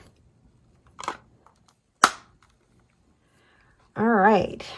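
A plastic battery lid is refitted onto a Colop e-Mark Create by WRMK handheld printer after being left off. Faint handling clicks come around 1.0–1.1 s, then a loud, sharp snap at 2.0 s as the cover seats shut. Someone talks briefly afterward.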